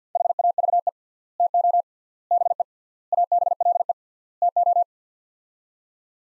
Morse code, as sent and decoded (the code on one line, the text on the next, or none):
.... .- ...- . / - --- / -... . / .- -... .-.. . / - ---
HAVE TO BE ABLE TO